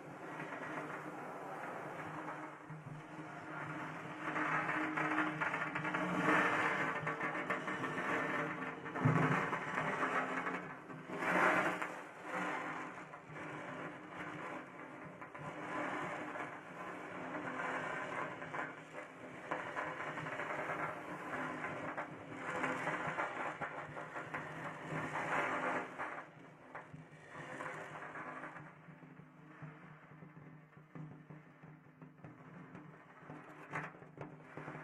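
Wooden massage tools rub and roll in a dense, continuous scraping rumble, with brighter bursts near six, nine, eleven and twenty-six seconds.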